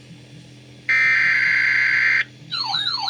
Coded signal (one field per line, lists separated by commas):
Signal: Emergency Alert System (SAME) tones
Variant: header bursts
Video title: EAS # 87 - 88 Severe Thunderstorm Warning